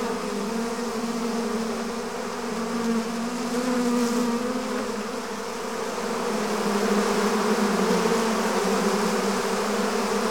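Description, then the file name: Bees in a swarm making a continuous droning buzz that swells slightly louder midway and again toward the end. "Digiffects Sound Effects Library - Swarm of Bees"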